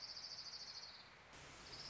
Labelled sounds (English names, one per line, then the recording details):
Orange-crowned Warbler
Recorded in Sonoma County, California